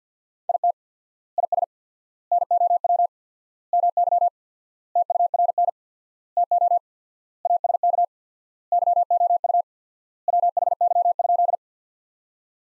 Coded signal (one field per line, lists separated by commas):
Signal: Morse code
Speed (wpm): 50 wpm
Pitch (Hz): 700 Hz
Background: none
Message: IT IS NOW MY TURN TO ASK YOU WHY?